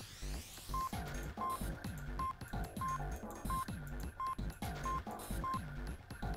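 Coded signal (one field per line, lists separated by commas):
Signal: none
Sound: a game's input beeps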